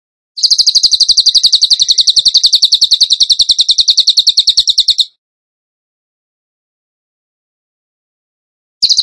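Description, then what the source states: Bird singing one long run of quick, even, high-pitched notes for nearly five seconds, followed by silence, with the rapid series starting again at the very end. Masteran (training song for songbirds), tembakan gacor song style.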